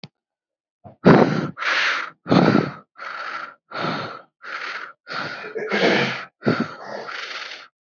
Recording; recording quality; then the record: shallow breathing; excellent, no background noise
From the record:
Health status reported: COVID-19 positive, mild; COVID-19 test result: positive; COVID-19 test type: RT-PCR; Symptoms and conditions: cold, sore throat, fever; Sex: male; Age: 24 years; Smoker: no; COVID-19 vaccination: both doses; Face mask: not worn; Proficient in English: no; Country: India